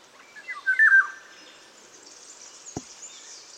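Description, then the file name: Eurasian golden oriole song: a brief mellow whistled phrase early on, followed by quiet background and a single sharp click. "Sommargylling"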